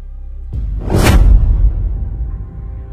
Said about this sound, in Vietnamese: Tiếng trùng thở phì phò, mang theo luồng sát khí đáng sợ.